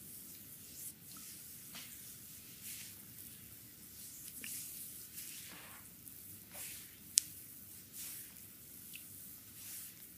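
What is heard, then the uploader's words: Oiled hands rub and massage a stomach in a steady, soft wet swishing that keeps on without pause. Brief slick squishes and slides break through about once a second, and a single sharp click sounds just after seven seconds. Stomach massage (belly, front, abdominal) with oil.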